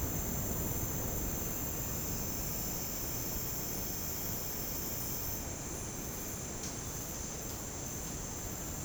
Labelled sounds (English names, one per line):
none